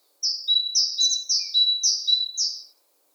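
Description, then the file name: Great tit singing a rapid, even series of about six two-note phrases, each a high note falling to a lower steady tone. "Parus major"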